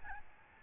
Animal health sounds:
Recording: mosquito wingbeat signal from an infrared sensor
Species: Aedes albopictus

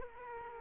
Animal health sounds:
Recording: mosquito wingbeat signal from an infrared sensor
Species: Culex quinquefasciatus

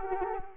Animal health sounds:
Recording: mosquito wingbeat signal from an infrared sensor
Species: Culex quinquefasciatus

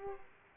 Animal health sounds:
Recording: mosquito wingbeat signal from an infrared sensor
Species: Aedes aegypti

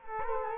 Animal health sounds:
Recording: mosquito wingbeat signal from an infrared sensor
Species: Culex quinquefasciatus

